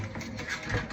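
A plastic conduit coupling is handled and pushed toward flexible non-metallic electrical tubing at a kitchen island switch box. There are soft, steady handling and rubbing sounds with no sharp transients. Nothing has seated or clicked yet.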